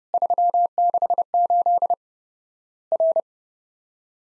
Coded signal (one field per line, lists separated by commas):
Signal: Morse code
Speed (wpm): 30 wpm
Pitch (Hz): 700 Hz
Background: none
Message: 368 R